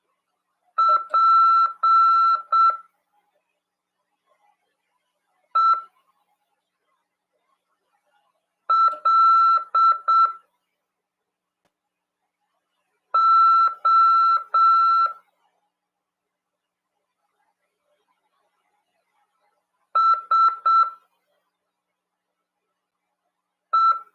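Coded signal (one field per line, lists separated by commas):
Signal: Morse code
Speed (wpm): 7 wpm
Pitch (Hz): 1340 Hz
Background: none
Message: PELOSE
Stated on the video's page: Amateur radio class on CW, heard over FM at 146.410 MHz.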